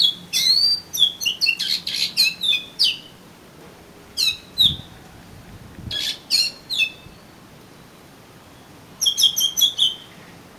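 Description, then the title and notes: Oriental magpie-robin song in several bursts of rapid whistles and grating notes separated by pauses. "suara kacer. kumpulan suara burung kacer"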